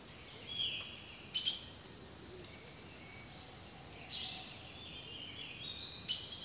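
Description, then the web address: Bird calls: a few thin whistles and two sharp chirp bursts. Rainforest birdsong. "The Natural Sounds of the Wilderness Echoes of Nature - Rainforest Birdsong"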